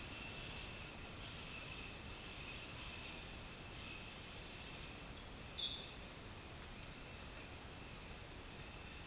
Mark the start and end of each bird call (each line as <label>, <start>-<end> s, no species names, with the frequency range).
bird call (2.7-5.9 kHz), 5.36-5.90 s